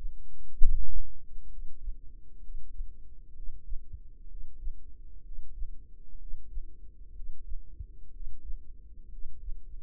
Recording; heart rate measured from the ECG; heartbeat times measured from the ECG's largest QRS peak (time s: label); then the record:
heart sounds by microphone in the right ear; 63 bpm
0.55 s: heartbeat
1.47 s: heartbeat
2.39 s: heartbeat
3.31 s: heartbeat
4.25 s: heartbeat
5.20 s: heartbeat
6.15 s: heartbeat
7.11 s: heartbeat
8.09 s: heartbeat
9.07 s: heartbeat
From the record:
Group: healthy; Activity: breath hold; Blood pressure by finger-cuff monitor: 97/53 mmHg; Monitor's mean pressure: 62 mmHg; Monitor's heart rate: 65 bpm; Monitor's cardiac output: 5 L/min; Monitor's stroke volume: 78 mL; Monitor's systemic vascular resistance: 860 dyn s/cm5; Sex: male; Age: 25 years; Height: 170 cm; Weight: 70.4 kg